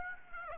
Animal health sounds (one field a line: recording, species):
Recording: mosquito wingbeat signal from an infrared sensor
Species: Aedes aegypti